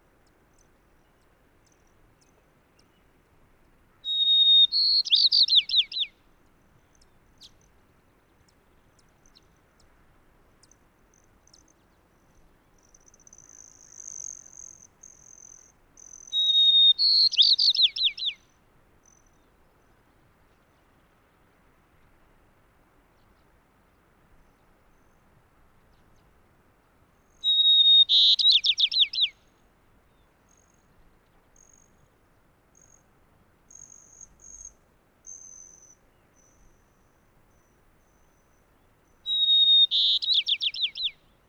White-crowned Sparrow song recorded in Moraine Park in Rocky Mountain National Park.